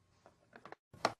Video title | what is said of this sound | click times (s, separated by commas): Renasys◊ Ez Plus - Guía de funcionalidad | the canister holder onto the canister holder bracket on the front of the device casing until an audible click is heard | 1.1 s